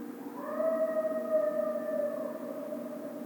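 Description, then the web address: Coyote howl: one long, smooth wailing note that swoops up at the start, holds steady for about two seconds, then slowly fades, over a faint steady low hum. Recorded on 1 February 2010. "Coyote 2010 02 01 07 howl"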